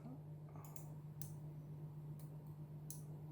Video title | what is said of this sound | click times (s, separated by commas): Lamy 2000 Stainless Steel - Review | way that the pen closes is with a very satisfying click I'm not sure if you can hear it so | 1.2 s, 2.9 s